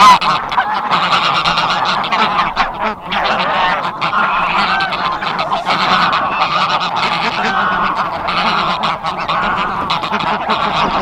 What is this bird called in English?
Greylag Goose